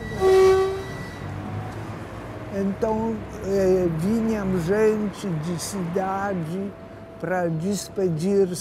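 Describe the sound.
A loud, steady train horn sounds for over a second at the start, then a person talks over a low, rumbling background at the railway station of Pinsk.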